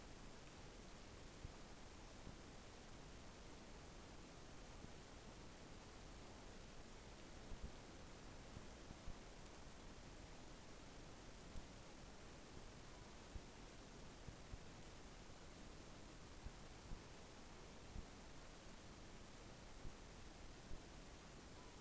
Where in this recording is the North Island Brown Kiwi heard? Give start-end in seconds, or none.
none